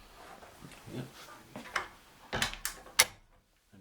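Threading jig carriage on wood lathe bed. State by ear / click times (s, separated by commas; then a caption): seated / 3.0 s. A threading jig's metal carriage is put back on a wood lathe bed and locked, with lighter knocks and scrapes leading up to a sharp metallic clack at 3.0 s as it seats and locks in place. Someone talks briefly during the handling.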